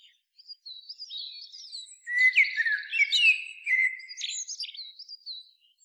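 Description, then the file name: Common blackbird song: soft high twittering leads into a louder, richer warbled phrase mixed with squeaky, chattering notes. "Turdus merula"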